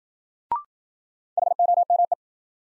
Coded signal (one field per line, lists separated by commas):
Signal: Morse code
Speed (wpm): 56 wpm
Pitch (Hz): 700 Hz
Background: none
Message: HOME